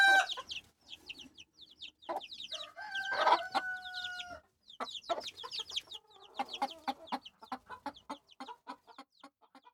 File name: chicken